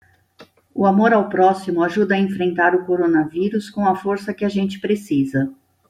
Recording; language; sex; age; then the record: spoken sentence; Brazilian Portuguese; female; 50 to 59 years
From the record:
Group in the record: control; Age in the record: 54 years